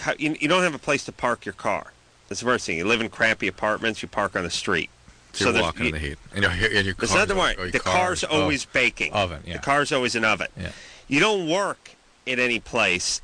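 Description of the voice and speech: A man talks fluently at a conversational pace with clear voicing and brief pauses, typical of ordinary adult speech.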